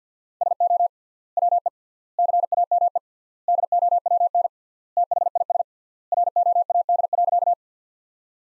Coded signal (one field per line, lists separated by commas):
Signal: Morse code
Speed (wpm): 50 wpm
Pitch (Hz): 700 Hz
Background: none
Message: SO WE CAME DOWN THIS ROAD.